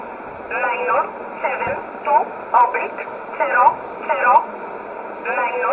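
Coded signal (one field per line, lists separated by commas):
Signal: numbers station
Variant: E11 Oblique, English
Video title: 13 11 2019 E11 Oblique Numbers station in English 1626 on 5082 unknown tx site in USB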